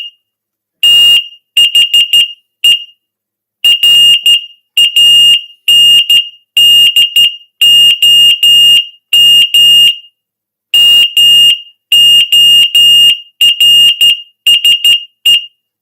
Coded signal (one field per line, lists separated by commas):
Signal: Morse code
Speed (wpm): 12 wpm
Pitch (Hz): 2850 Hz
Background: none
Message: THE RANDOM MORSE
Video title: Morse